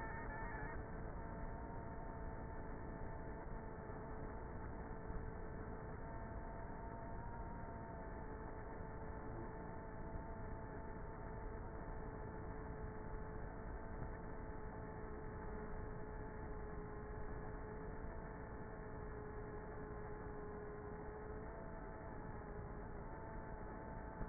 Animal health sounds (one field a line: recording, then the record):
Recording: honeybee colony, microphone inside the hive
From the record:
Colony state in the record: queenless with a low population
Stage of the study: before two queens were removed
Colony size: about 30,000 bees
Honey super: no